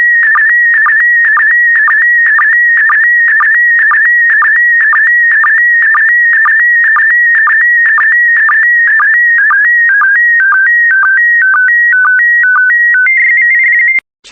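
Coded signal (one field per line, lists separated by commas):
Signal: SSTV (slow-scan television)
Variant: PD120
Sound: warbling whistle near 2 kHz, chirping rhythmically about four times a second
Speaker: transmission complete you can now check your decoded image against the picture that is shown on the video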